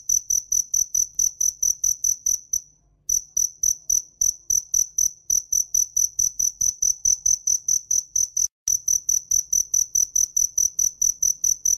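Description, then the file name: Cricket chirping, a steady stream of short, high, bright pulses, with a brief pause near the start and another break later. "Tieng des keu"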